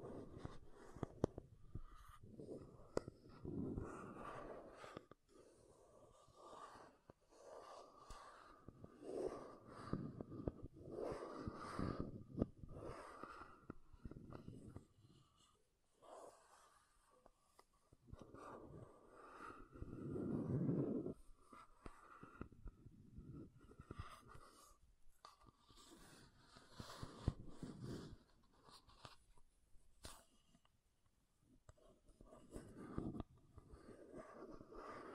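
Makeup tapping and scratching: soft, uneven taps and rubbing scrapes come in bursts with short pauses, low and muffled, with a few sharper clicks.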